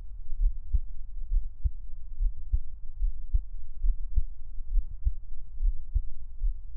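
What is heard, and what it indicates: Steady low thumps come in paired lub-dub beats at about 69 beats a minute, with an even, regular rhythm. A soft low hum sits underneath. This is an ordinary adult heartbeat, heard close up, with no talking.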